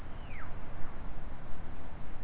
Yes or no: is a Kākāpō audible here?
no